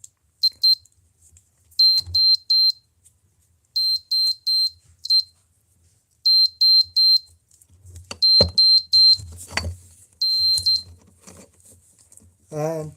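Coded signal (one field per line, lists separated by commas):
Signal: beep code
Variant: model rocket altimeter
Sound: high-pitched short beeps in repeating groups of three and four, with occasional clicks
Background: handling clicks, room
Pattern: 3-4-3-4-3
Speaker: so now we just going to connect the battery since it's in the on position and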